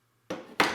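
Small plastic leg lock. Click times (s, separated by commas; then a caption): 0.3 s, 0.6 s. A tripod leg on a small Freewell VLOGPOD vlogging tripod is locked into place on the tripod body. Two sharp clicks sound at 0.3 s and 0.6 s, the second louder and brighter, showing the leg has seated in its locked position.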